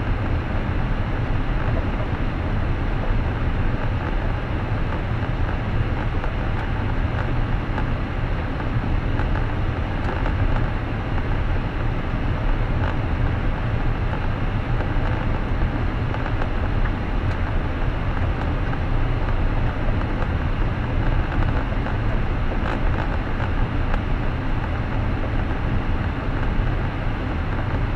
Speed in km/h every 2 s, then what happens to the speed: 57, 56, 56, 54, 53, 54, 54, 54, 53, 53, 53, 53, 54, 54.
0-28 steady at about 54.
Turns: none.